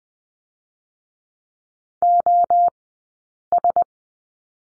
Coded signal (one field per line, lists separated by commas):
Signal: Morse code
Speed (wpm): 20 wpm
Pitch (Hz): 700 Hz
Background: none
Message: OS